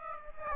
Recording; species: mosquito wingbeat signal from an infrared sensor; Aedes aegypti